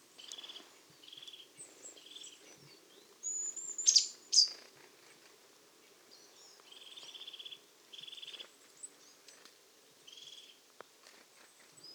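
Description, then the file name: Marsh tit calls: short buzzy, nasal notes given in loose runs, with a few loud, sharp whistled chirps from another bird in the middle. "Poecile palustris"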